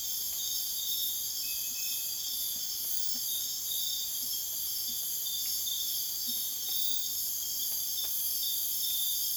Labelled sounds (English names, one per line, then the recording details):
none
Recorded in dense forest near Puerto Asís, Putumayo, Colombia, on 22 June 2025 at 00:00
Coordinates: 0.484, -76.325
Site H65